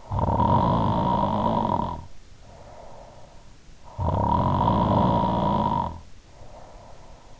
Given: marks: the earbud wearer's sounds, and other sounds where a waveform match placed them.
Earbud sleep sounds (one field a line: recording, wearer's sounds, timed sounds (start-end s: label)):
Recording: sounds in sleep by an in-ear microphone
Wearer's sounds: snoring breath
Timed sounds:
0.00-3.47 s: snoring breath
3.85-7.39 s: snoring breath